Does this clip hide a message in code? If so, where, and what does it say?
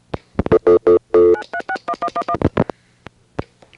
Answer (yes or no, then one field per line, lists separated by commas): yes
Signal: DTMF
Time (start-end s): 1.3-2.3 s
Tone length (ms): 70 ms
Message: 9361111